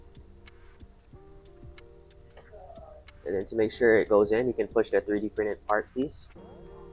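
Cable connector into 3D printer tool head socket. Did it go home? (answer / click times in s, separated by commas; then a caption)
no / none. The 3D-printed connector piece on the hot-end cable of a Prusa XL 3D printer is pushed toward its socket on the tool head. Faint small ticks of handling are heard over a quiet hum while someone talks. Nothing has seated or clicked yet.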